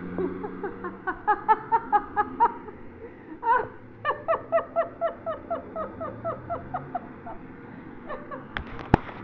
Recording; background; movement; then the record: laughter; traffic; sitting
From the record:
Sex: female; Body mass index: 21.8 kg/m2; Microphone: on the chest, facing the body